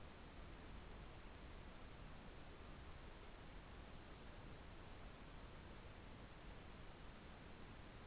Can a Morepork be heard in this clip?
no